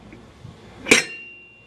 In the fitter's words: Right there, it dropped into place.